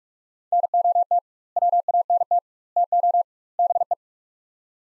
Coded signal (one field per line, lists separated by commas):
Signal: Morse code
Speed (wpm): 47 wpm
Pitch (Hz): 700 Hz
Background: none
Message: NOT WANT TO BE